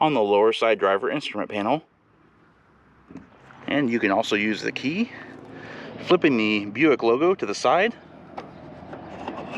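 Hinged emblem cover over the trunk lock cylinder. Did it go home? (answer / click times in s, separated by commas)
no / none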